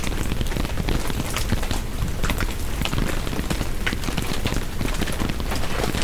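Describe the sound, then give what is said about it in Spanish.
Steady rain drums on a tent fabric in a dense, constant patter, with sharper individual drops ticking through the hiss. The downpour stays even and fairly loud throughout, with no voices. “¿Puede llegar a agobiar el sonido, por ejemplo, de la lluvia o el viento dentro de la tienda?”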